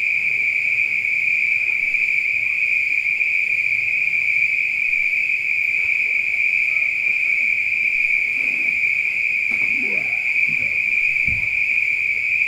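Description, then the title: Spring peepers in a constant high-pitched chorus, unbroken ringing throughout, with a few faint low sweeping sounds near the end. Peepers at night. "neoscenes: night peepers"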